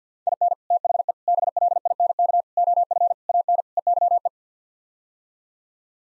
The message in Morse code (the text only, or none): IN THE BLINK OF AN EYE